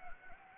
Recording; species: mosquito wingbeat signal from an infrared sensor; Anopheles gambiae